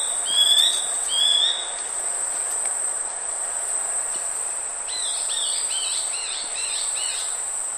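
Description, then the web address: Long-winged antwren: two clear high whistled notes, then after a pause a quick run of several short hooked notes, over a steady high insect drone. Nominate subspecies longipennis; eastern lowlands of South America; both song and call given. "Nature Songs S America Eastern Lowlands. Myrmotherula l longipennis, song and call"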